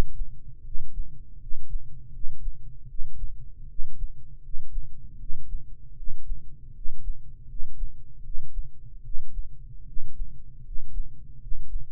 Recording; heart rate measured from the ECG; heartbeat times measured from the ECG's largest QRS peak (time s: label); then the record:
heart sounds by microphone in the right ear; 78 bpm
0.58 s: heartbeat
1.34 s: heartbeat
2.06 s: heartbeat
2.82 s: heartbeat
3.62 s: heartbeat
4.36 s: heartbeat
5.13 s: heartbeat
5.90 s: heartbeat
6.68 s: heartbeat
7.42 s: heartbeat
8.17 s: heartbeat
8.97 s: heartbeat
9.80 s: heartbeat
10.58 s: heartbeat
11.34 s: heartbeat
From the record:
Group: healthy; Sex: male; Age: 20 years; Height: 187 cm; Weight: 68.9 kg